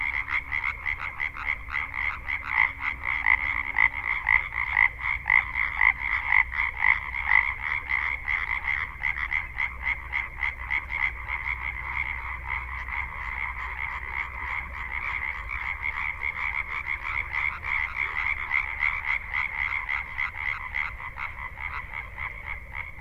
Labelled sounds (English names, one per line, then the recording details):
Common Tree Frog call
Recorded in the wild
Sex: male
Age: adult
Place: Kützerhof, Kummerower See, Mecklenburg-Vorpommern, DE
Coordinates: 53.8542, 12.8578
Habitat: wetland
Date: 2010-04-13 23:00
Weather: klare Nacht, 8°C, windstill, Wassertemperatur 10°C
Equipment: Sound Devices 702, zwei Sennheiser MKH 40, Rycote Windschutz
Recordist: Frommolt, Karl-Heinz